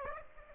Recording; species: mosquito wingbeat signal from an infrared sensor; Aedes aegypti